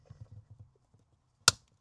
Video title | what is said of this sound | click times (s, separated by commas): Fisker Ocean - IBS Calibration Process | and it snaps into place. | 1.5 s